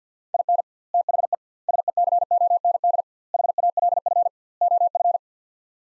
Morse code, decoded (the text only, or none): IN THE SECOND HALF OF